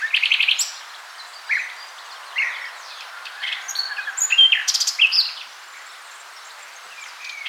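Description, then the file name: Common nightingale song: a loud rattling burst at the start, then scattered whistles and short chirps, ending with a phrase of trills and clicks before fading. "Luscinia megarhynchos"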